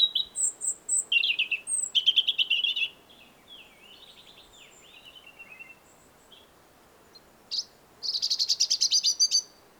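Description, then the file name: European robin song: twittering high phrases with thin whistles, a quieter stretch of soft notes, then a rapid buzzy trill at the end. "Erithacus rubecula"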